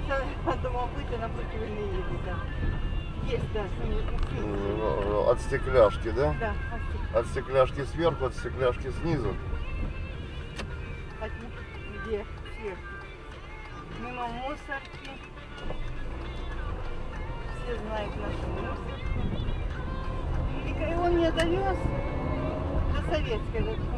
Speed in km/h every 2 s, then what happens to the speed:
17, 17, 16, 15, 14, 12, 4, 3, 6, 17, 17, 26.
0-9 steady at about 16. 9-12 slows to 4. 15-24 speeds up to 26.